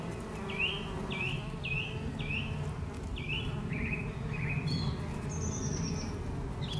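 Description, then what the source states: Bees droning in a full, low buzz, with a bird repeating short chirps and a thin high whistle. Recorded July 2012, with birds.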